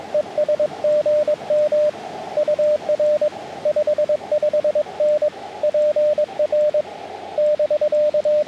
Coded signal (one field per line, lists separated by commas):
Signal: Morse code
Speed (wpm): 22 wpm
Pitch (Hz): 600 Hz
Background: radio noise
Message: ES GM UR 55N PR <BK>